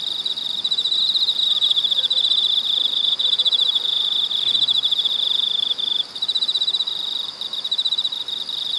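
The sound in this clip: Cicada song, a loud continuous shrill buzz made of fast pulses, holding steady throughout with a short dip around six seconds.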